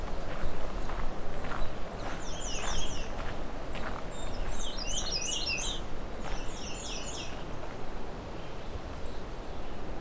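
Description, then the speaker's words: American Redstart songs: high, thin, zigzagging phrases repeated in several bursts, over a constant low rumbling background noise. Several American Redstarts singing at Alvar Bay, July 26, 2020. "More than a few American red starts here, as you can hear."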